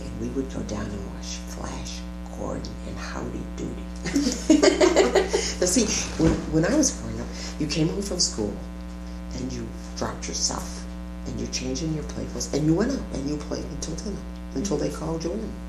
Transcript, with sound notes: We would go down and watch Flash Gordon and Howdy Dowdy. [laughter] You see, when I was growing up, you came home from school, and you dropped your stuff, and you changed into your play clothes, and you went out, and you played until dinner, until they called you in.